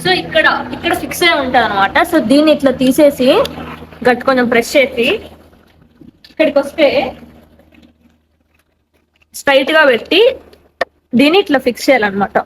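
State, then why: Seated. An electric kick scooter is unfolded and its handlebar stem is stood straight and pushed into its folding stem latch while someone talks. A sharp click is heard at 9.2 s and another at 9.2 s, and the latch locks.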